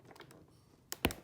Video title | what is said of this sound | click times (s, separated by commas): Cello / Viola / Violin bow holder mod | you go you can hear a snap when I when I put it together so | 1.0 s